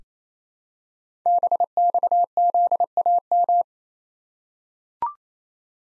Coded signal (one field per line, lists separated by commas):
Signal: Morse code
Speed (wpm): 29 wpm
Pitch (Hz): 700 Hz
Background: none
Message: BXZAM